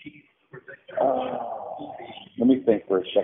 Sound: sigh